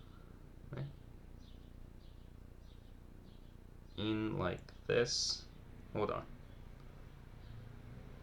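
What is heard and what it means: A small plastic antenna is lined up on the head of a Bandai Gunpla RG MS-06S Zaku II model kit before being pushed in. Someone talks over faint handling sounds against a low steady hum. Nothing has seated or clicked yet.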